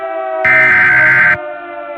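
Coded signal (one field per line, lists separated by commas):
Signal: Emergency Alert System (SAME) tones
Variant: header bursts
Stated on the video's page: Mock EAS scenario, a simulated alien arrival alert.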